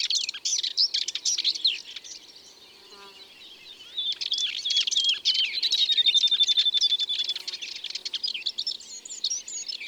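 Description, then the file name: Common whitethroat song, a scratchy, rapid warble that fades briefly in the middle, then resumes with a thin, sustained whistled trill. "Fauvette grisette ABC des chants doiseaux"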